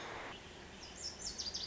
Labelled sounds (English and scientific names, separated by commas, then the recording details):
Lazuli Bunting (Passerina amoena)
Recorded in Sonoma County, California